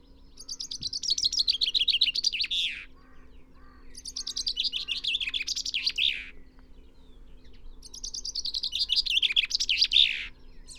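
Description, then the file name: Common chaffinch song: three full songs about four seconds apart, each a rapid descending trill closing with a flourish, with faint chips in the gaps. "Fringilla coelebs"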